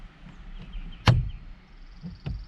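After knocking the stuck part loose, the airbag module in a car steering wheel is slowly pushed and pulled until its retaining clip lets go with a sharp click at 1.1 s. A fainter knock follows at about 2.3 s over low rumbling handling noise, and the clip has released.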